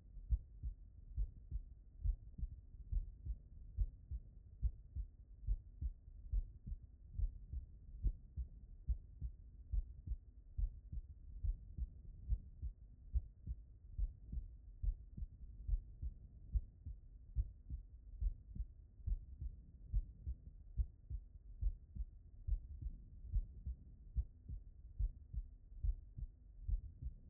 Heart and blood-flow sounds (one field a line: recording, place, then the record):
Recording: heart sounds by stethoscope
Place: aortic valve (AV)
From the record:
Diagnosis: non-HFrEF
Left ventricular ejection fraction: 71%